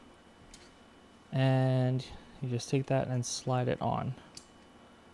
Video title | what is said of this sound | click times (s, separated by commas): Universal Tube Lock | you hear that kind of little click as it goes past now that's nice and tight and secure | 4.4 s